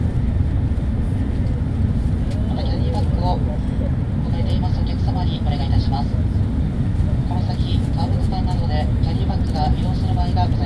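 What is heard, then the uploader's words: Inside a bullet train at speed, a steady low rumble fills the cabin without letup. Muffled voices murmur in the background throughout, rising in short bursts around the third, fifth and eighth seconds, with a faint high hiss over the constant roar. Internal Shinkansen Sound - Kyoto to Tokyo - Hikari Super Express. Sound recorded with Zoom H2N in 2 channel surround mode.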